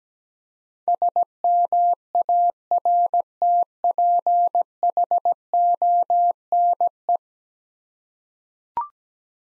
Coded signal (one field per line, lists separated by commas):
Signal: Morse code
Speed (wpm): 17 wpm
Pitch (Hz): 700 Hz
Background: none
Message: SMARTPHONE